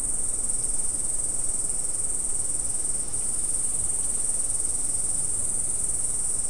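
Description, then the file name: Insects producing a continuous, very high-pitched shrill hum that stays steady without pause throughout. "mainly insect"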